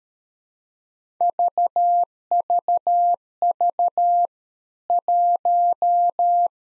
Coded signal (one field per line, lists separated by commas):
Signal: Morse code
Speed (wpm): 13 wpm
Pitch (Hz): 700 Hz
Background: none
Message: VVV 1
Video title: Practice QSO - Complete One-Sided - 13wpm